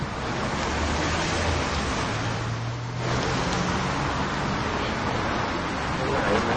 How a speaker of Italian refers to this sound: Sentite il tempo ci fa. C'è un vento qua. Un vento incredibile. Un vento europeo pazzesco.